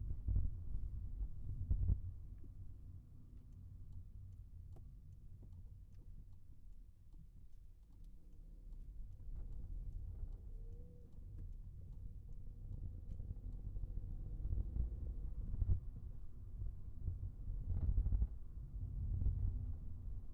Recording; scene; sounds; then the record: everyday scene through a hearing-aid microphone; in a vehicle; engine, highway traffic jam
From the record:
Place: Skoda Fabia, gasoline engine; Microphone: behind the ear, right, front